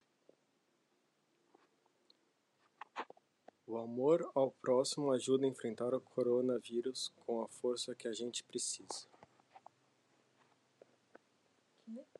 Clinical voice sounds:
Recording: spoken sentence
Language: Brazilian Portuguese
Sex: male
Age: 20 to 29 years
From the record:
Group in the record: control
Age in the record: 26 years

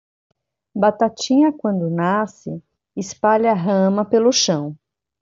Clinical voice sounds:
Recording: short text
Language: Brazilian Portuguese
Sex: female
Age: 50 to 59 years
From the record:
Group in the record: control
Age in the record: 52 years

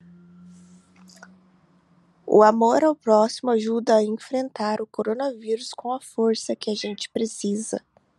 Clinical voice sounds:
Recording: spoken sentence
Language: Brazilian Portuguese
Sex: female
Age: 20 to 29 years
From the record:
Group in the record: control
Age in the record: 29 years

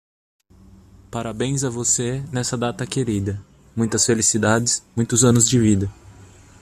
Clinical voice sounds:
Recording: short text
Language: Brazilian Portuguese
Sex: male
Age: 30 to 39 years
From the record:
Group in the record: control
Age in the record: 32 years

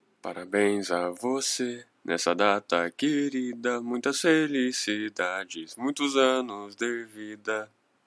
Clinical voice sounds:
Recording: short text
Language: Brazilian Portuguese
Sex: male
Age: 18 to 19 years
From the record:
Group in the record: control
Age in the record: 19 years

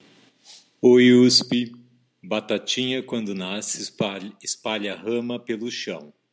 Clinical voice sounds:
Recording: short text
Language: Brazilian Portuguese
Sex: male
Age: 40 to 49 years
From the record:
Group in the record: control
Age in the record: 40 years

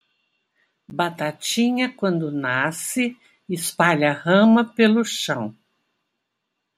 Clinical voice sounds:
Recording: short text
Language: Brazilian Portuguese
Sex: female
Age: 60 to 69 years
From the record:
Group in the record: control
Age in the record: 65 years

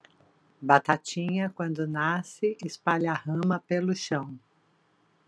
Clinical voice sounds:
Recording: short text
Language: Brazilian Portuguese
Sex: female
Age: 50 to 59 years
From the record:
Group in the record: control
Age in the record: 56 years

